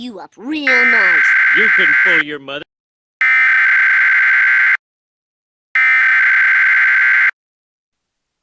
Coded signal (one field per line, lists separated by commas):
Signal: Emergency Alert System (SAME) tones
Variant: header bursts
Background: speech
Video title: Everybody's Fear (An EAS scenario) Part 1